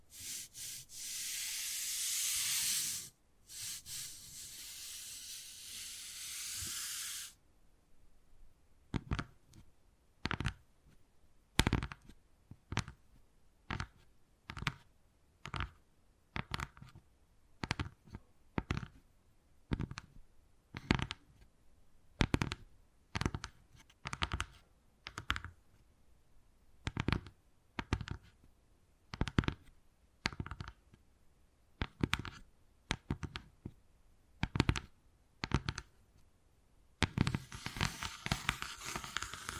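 Wood carving sounds: a long, dense hissing scrape runs for the first seven seconds with one brief break, then gives way to a string of sharp, separate taps, roughly two per second. A scraping hiss returns near the end.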